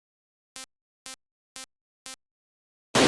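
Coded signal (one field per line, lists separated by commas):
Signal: none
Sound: intro sound effect beeps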